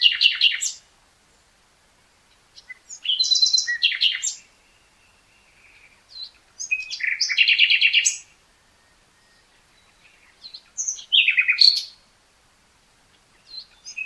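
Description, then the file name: Common nightingale singing varied phrases of rapid trills, chirps and whistles, separated by short pauses. "Luscinia megarhynchos"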